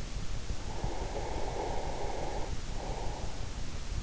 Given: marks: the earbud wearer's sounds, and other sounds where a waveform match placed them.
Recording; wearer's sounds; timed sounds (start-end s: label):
sounds in sleep by an in-ear microphone; breath
0.23-3.74 s: breath